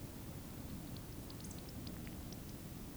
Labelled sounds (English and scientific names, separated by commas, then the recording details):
Eurasian Woodcock (Scolopax rusticola) whistle
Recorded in Baden-Württemberg, Germany, on 12 June 2020 at 20:20 UTC
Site 43738, 650 m above sea level